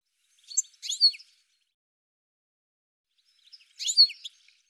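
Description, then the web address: Bird giving two short bursts of bright, high chirping notes about three seconds apart, silence between them. "cianscape birddata"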